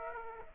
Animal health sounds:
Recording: mosquito wingbeat signal from an infrared sensor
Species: Aedes aegypti

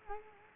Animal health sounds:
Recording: mosquito wingbeat signal from an infrared sensor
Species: Culex quinquefasciatus

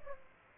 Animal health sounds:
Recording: mosquito wingbeat signal from an infrared sensor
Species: Aedes aegypti

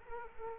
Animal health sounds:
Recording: mosquito wingbeat signal from an infrared sensor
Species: Culex quinquefasciatus

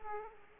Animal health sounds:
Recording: mosquito wingbeat signal from an infrared sensor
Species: Aedes aegypti

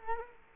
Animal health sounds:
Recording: mosquito wingbeat signal from an infrared sensor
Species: Culex quinquefasciatus

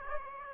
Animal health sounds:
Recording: mosquito wingbeat signal from an infrared sensor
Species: Aedes aegypti

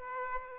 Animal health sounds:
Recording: mosquito wingbeat signal from an infrared sensor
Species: Aedes aegypti

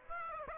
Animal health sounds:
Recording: mosquito wingbeat signal from an infrared sensor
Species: Aedes aegypti

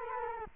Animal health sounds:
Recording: mosquito wingbeat signal from an infrared sensor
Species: Culex quinquefasciatus

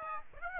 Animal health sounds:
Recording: mosquito wingbeat signal from an infrared sensor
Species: Aedes aegypti

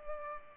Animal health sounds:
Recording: mosquito wingbeat signal from an infrared sensor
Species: Culex pipiens

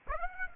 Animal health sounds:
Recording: mosquito wingbeat signal from an infrared sensor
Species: Aedes aegypti

